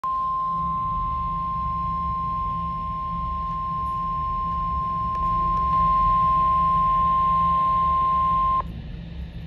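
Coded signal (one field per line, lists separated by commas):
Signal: Emergency Alert System (SAME) tones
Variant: 1050 Hz attention tone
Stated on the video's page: Required Weekly Test received on weather radio station KEC76 with a Midland weather radio.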